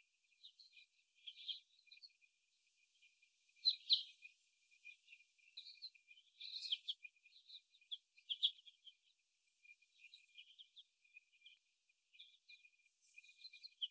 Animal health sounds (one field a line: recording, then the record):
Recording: young laying hens in a cage, short pieces joined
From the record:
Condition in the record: after the stressor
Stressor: simulated dog barking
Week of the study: 1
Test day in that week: 1